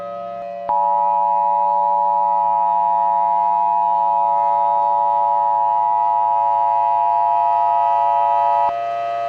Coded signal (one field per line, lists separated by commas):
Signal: Emergency Alert System (SAME) tones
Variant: 853 and 960 Hz attention tone